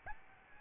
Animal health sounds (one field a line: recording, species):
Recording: mosquito wingbeat signal from an infrared sensor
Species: Aedes albopictus